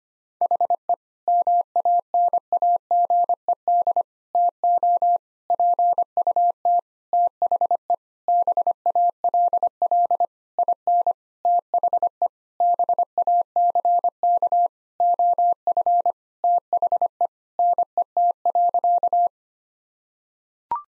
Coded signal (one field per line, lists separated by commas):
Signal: Morse code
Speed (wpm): 25 wpm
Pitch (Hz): 700 Hz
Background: none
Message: HE MANAGED TO PUT THE BALL IN THE BACK OF THE NET.